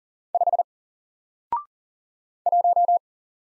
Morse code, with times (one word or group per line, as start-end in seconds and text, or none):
0.3-0.6 5
2.5-3.0 1